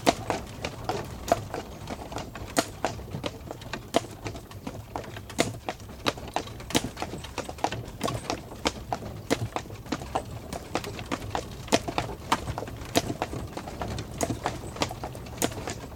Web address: Sound Effects-BBC Horses Carts. one horse and wooden cart travelling recorded on cart